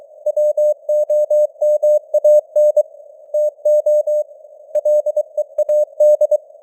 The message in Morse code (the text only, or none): WOMAN TO LEAD